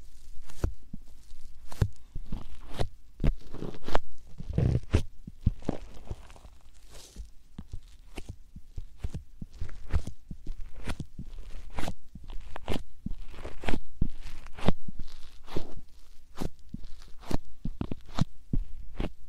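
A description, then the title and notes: Soft puffs and short taps come in a loose, uneven stream, about two or three a second, over the whole stretch. Each burst is brief, with a dull low thump under a crisp, papery top; a few fuller puffs land around four to five seconds. 말없이 3가지의 퍼프로 귀를 토닥토닥 해드려요 puff sound.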